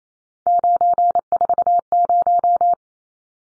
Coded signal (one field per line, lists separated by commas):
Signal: Morse code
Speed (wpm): 28 wpm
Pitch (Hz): 700 Hz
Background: none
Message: 940